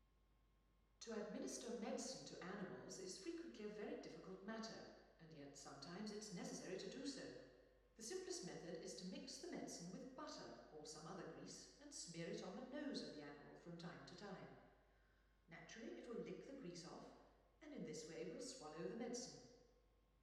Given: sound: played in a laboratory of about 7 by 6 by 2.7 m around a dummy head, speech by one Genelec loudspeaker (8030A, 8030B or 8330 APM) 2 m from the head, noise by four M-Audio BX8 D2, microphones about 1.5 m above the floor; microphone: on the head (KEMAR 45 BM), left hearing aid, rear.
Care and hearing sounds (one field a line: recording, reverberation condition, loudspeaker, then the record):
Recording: female speech in English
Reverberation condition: high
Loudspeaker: 30 degrees to the left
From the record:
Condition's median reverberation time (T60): about 1300 ms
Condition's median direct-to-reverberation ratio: about -4.0 dB